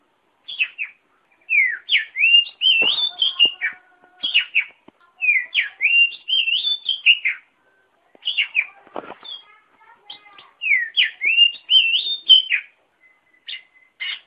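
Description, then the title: Oriental magpie-robin repeating short bursts of whistled notes, with occasional clicks and knocks in the background. "KACER MASTER"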